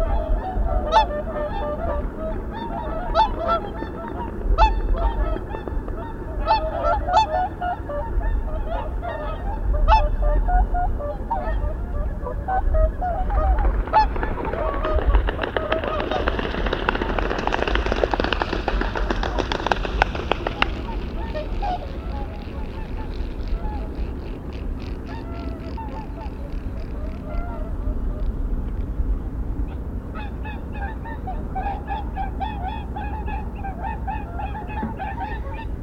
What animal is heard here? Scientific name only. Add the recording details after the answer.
Cygnus cygnus. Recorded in the wild. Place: Schaabe, Insel Rügen, Mecklenburg-Vorpommern, DE. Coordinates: 54.57, 13.45. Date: 1970-04-08. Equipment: Nagra III BH, Sennheiser MD 21, parabola. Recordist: Schubert, Michael. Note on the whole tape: Rufe von Singschwänen und schließlich ihr Abflug